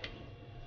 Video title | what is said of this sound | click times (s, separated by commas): Creality Ender 2 Awesome upgrade! Upgrade your print quality | it simply clicks into place | 0.0 s